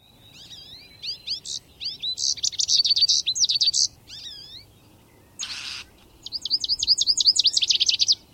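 American goldfinch song: a lively, varied twitter of high, slurred and rapidly repeated notes, broken by a short burst of noise, then a quick run of bright notes.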